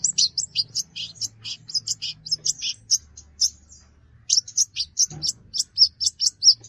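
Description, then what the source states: Brown-throated sunbird song, a fast run of high thin chirps and twittering notes, broken by a brief pause, with a faint low hum beneath. Vigorously singing (gacor).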